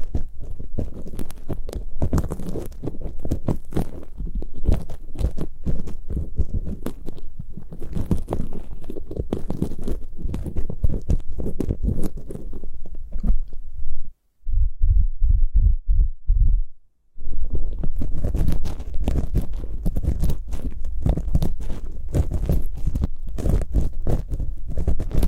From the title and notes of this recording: Super comfortable ear picking, immersive, multiple props.